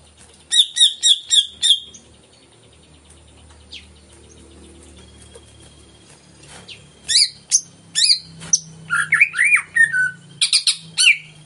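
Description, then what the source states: Greater green leafbird song: a quick run of bright repeated notes, a pause of several seconds, then a dense burst of chirps and slurred whistles. Vigorous (gacor) song of a caged bird, played as a lure to make other caged birds sing before their cages are hung up.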